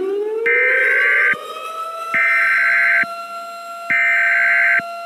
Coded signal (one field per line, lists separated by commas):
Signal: Emergency Alert System (SAME) tones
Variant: header bursts